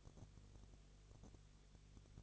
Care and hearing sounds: daily activity, microphone in the room; no activity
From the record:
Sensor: 4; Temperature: 22.3 degrees Celsius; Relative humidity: 32.8%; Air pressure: 1002.0 hPa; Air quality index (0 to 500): 185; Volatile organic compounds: 4 ppm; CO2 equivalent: 1634 ppm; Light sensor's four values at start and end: 2/3/1/1 and 2/3/1/1

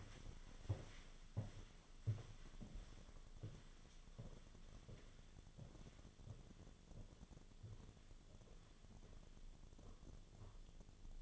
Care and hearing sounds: daily activity, microphone in the room; walk to room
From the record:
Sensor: 4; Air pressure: 1011.0 hPa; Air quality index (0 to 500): 161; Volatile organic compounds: 4 ppm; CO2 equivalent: 1639 ppm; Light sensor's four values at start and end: 43/121/49/50 and 44/124/50/52

